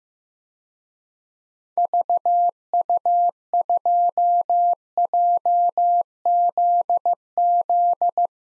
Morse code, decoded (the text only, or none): VU2JZZ